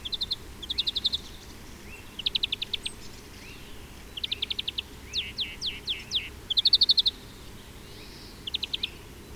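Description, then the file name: European greenfinch giving bursts of rapid, dry trilled notes, several short rattling series with a run of quick descending chirps between them, over a faint low hiss. "Chloris chloris"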